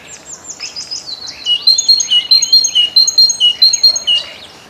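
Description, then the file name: Great tit delivering a quick series of clear, repeated high notes in a regular rhythm, following a brief jumble of other birdsong. "Bogatka"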